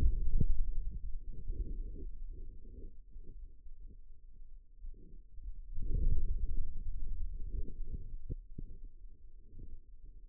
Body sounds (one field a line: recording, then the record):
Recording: forearm muscle sounds (acoustic myography)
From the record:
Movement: hand closing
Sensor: system 2, bracelet of six BSWA MPA416 microphones around the upper forearm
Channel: 4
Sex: male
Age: 22 years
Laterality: right